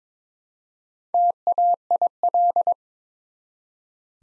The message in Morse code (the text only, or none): TAIL